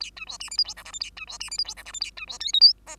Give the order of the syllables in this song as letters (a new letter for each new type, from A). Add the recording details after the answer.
A B C D E F G H I J A B C D E F G H I J A B C K L M N. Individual Bird2